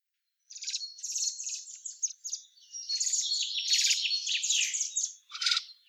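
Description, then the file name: Common blackbird producing a near-continuous high, buzzy twitter after a short silence, scratchy and dense, closing with one louder separate squeaky note. "Turdus merula"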